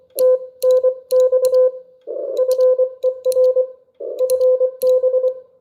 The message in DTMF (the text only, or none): none